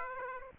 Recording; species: mosquito wingbeat signal from an infrared sensor; Aedes aegypti